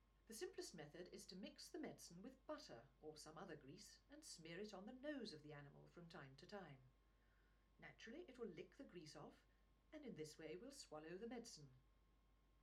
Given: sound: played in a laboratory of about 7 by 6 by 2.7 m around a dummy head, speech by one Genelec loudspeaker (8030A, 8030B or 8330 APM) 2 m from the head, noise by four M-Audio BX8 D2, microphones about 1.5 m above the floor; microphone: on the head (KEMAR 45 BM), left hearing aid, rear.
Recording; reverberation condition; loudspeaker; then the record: female speech in English; low; 60 degrees to the left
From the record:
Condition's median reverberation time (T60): about 310 ms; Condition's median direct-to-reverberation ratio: about 3.5 dB